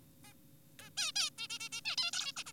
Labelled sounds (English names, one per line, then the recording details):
Zebra Finch
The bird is an adult
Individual g4p5U